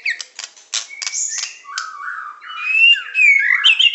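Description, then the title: Oriental magpie-robin giving a few harsh, rattling notes, then flowing whistled phrases that rise and fall in pitch. "Kicau Kacer"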